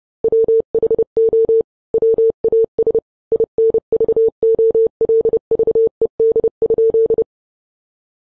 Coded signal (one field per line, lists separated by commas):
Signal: Morse code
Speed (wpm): 30 wpm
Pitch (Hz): 450 Hz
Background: none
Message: WHO WAS INVOLVED?